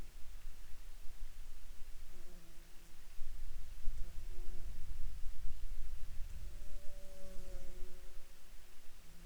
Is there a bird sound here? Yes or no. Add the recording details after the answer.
no. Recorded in Ivvavik National Park, Yukon, on 8 June 2019 at 22:51. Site SINP06